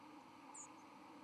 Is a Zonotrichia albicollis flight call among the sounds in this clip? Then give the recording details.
no. Another species' flight call is heard. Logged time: 08:46 on 31 October 2014